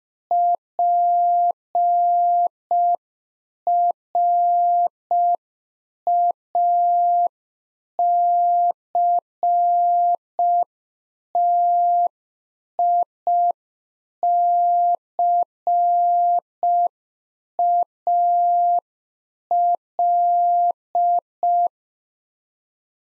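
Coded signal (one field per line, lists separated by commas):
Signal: Morse code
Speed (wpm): 5 wpm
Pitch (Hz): 700 Hz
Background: none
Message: PRACTICAL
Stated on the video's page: Practice QSO exchange segment on ham FER, age and occupation, sent in Morse at 5 wpm for head-copy, sent twice around a spoken version.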